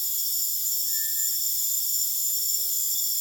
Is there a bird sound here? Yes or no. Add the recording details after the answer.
no. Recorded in dense forest near Puerto Asís, Putumayo, Colombia, on 23 June 2025 at 21:00. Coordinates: 0.484, -76.325. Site H65